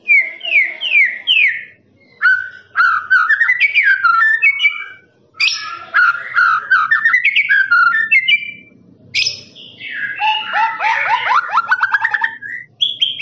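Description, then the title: Lovebird song: shrill chattering trills and rapid downslurred notes in bursts, with brief pauses between phrases. Lovebird's long ngekek trill, master recording used for training birds. "FULL DURASI MASTERAN LOVEBIRD NGEKEK PANJANG"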